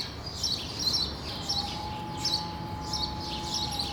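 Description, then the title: Sparrows giving repeated bursts of chirps over a steady low hum and a faint tone. Sparrows on Rue de l'épargne, Brussels, Belgium, recorded for World Sparrow Day with Lom mikroUši AB microphones into a Deity PR-2 recorder. "Rue de l'épargne, Bruxelles, Bruxelles-Capitale, Belgique - World Sparrow Day"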